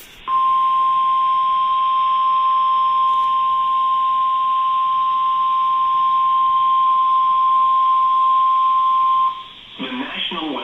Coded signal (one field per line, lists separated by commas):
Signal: Emergency Alert System (SAME) tones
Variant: 1050 Hz attention tone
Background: speech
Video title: EAS #70 Severe thunderstorm warning for Montgomery, IA